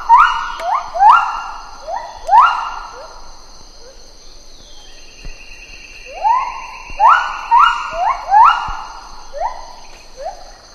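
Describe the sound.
Lar gibbon calls come in two bursts of rapid rising whoops separated by a quiet pause, with insects buzzing steadily at high pitch.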